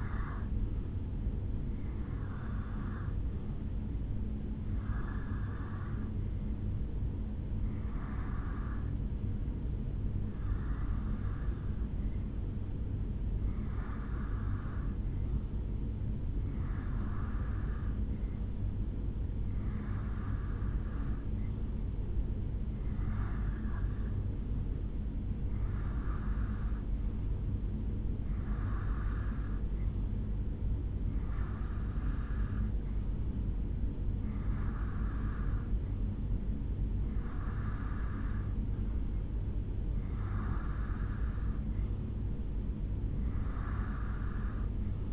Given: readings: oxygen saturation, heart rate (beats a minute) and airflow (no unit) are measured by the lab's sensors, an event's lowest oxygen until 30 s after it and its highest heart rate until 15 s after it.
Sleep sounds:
breathing in sleep by a smartphone at the bedside; none
none scored
From the record:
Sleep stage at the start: REM sleep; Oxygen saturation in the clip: 87 to 89%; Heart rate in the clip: 69 to 70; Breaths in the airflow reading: 16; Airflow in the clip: -2.1 to 1.3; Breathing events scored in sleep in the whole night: 449 in 7.0 hours asleep

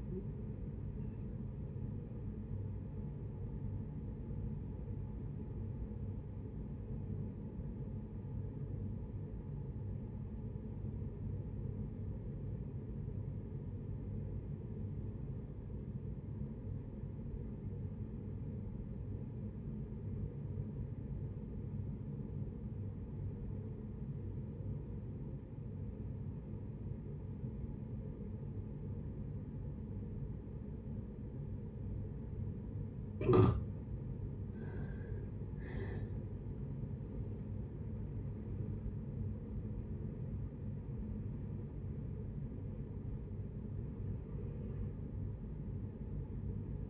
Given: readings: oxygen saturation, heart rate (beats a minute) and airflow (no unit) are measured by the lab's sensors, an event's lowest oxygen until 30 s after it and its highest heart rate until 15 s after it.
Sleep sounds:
breathing in sleep by a smartphone at the bedside; 1
3.00-34.00 s: obstructive apnea (N1, oxygen 95% highest, then 69% lowest, heart rate 65 at the start, 82 highest)
From the record:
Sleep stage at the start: N1 (lightest sleep); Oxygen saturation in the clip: 72 to 95%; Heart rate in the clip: 57 to 82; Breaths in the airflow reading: 5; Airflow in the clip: -16.1 to 17.6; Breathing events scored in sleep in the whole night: 496 in 5.4 hours asleep

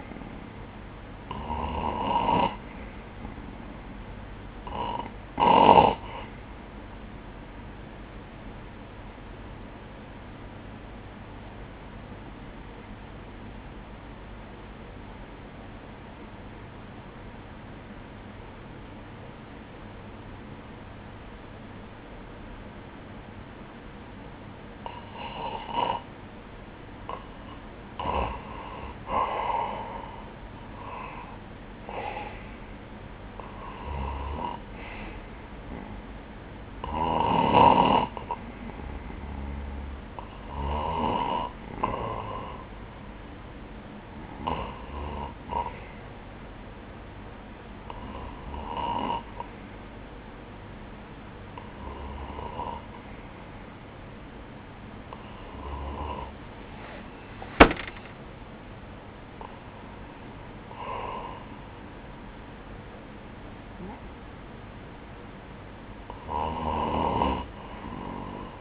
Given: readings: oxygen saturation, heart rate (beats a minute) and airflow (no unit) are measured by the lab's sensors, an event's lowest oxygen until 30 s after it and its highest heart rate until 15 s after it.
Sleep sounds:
breathing in sleep by a voice recorder at the bedside; 2
8.00-29.10 s: hypopnea (REM, oxygen 95% highest, then 92% lowest, heart rate 69 at the start, 74 highest)
41.00-57.30 s: hypopnea (REM, oxygen 95% highest, then 95% lowest, heart rate 65 at the start, 74 highest)
From the record:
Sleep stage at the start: REM sleep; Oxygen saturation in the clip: 92 to 97%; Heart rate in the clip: 58 to 74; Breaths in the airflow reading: 14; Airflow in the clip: -17.1 to 7.1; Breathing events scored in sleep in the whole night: 180 in 6.7 hours asleep

